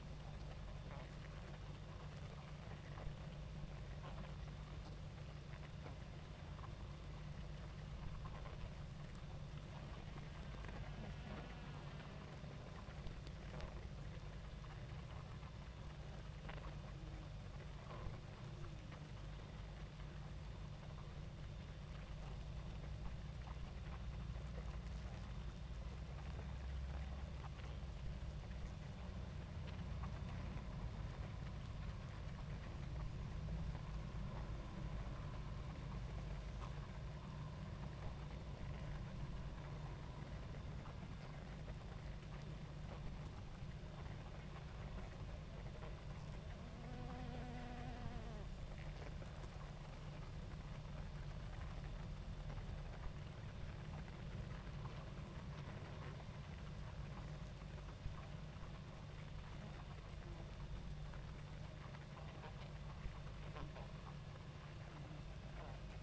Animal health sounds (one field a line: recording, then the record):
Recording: honeybee colony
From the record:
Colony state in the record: active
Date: 28 July 2017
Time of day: 20:24